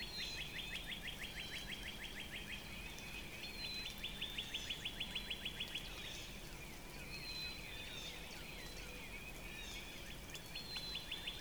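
Northern Cardinal song, repeated fast trills of downslurred whistles in phrases of a few seconds, with thin high whistles from another bird and background hiss.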